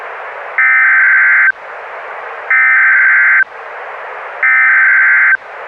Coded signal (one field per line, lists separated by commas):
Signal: Emergency Alert System (SAME) tones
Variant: header bursts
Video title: The National EAS Test Hijackings of 2011 (NOAA Weather Radio Retransmission) FOUND FOOTAGE/EAS MOCK